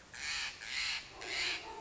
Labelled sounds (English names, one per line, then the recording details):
Steller's Jay
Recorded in Sonoma County, California